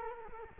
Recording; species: mosquito wingbeat signal from an infrared sensor; Culex quinquefasciatus